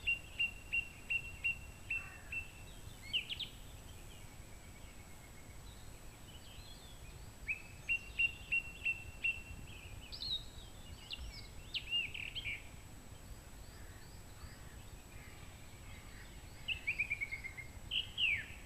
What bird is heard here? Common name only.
Song Thrush